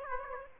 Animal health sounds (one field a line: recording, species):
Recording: mosquito wingbeat signal from an infrared sensor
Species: Aedes aegypti